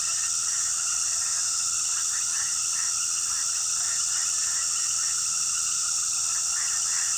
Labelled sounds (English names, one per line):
none